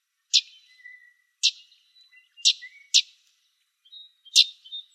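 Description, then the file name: Common yellowthroat calling with abrupt, husky tchep notes, five spread over five seconds, two close together, while soft high whistles drift in the background. Calls recorded in Arizona on 4 October 2004. "COYE CALLS deviche 041004"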